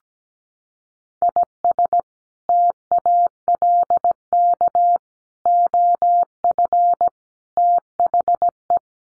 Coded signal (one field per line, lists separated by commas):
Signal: Morse code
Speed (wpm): 17 wpm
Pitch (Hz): 700 Hz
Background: none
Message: IS TALK OF THE